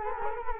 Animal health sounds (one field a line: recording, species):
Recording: mosquito wingbeat signal from an infrared sensor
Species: Culex quinquefasciatus